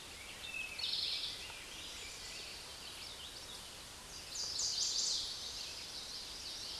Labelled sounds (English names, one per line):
Chestnut-sided Warbler song